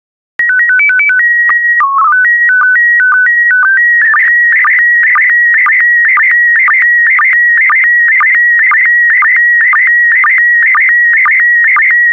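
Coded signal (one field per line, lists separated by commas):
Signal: SSTV (slow-scan television)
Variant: PD 120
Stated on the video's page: SSTV PD120 images sent for decoding practice.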